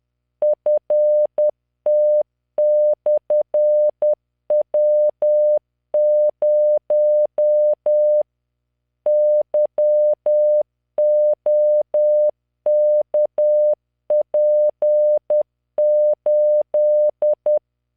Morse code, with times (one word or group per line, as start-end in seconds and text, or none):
0.4-8.2 FT/W0
9.1-17.6 YOKP8